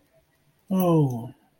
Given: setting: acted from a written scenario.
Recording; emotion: vocal sound without words; awe